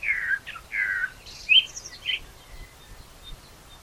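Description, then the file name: Common blackbird song: two low, mellow fluted phrases followed by a higher squeaky twitter, then a few faint thin notes over quiet background noise. "Turdus merula"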